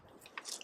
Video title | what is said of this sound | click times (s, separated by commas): AK Adventure Van: Garage Tour | So pull it down again until it clicks into place. | 0.4 s